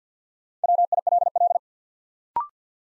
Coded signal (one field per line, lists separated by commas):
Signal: Morse code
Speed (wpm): 48 wpm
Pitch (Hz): 700 Hz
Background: none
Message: WILL